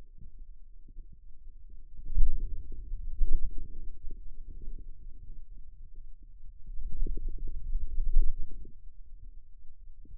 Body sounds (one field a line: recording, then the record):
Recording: forearm muscle sounds (acoustic myography)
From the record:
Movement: finger pinch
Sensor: system 2, bracelet of six BSWA MPA416 microphones around the upper forearm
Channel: 5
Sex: male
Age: 22 years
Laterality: right